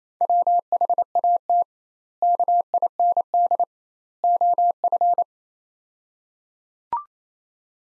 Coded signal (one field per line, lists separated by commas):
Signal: Morse code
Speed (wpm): 27 wpm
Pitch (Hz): 700 Hz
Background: none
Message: WHAT KIND OF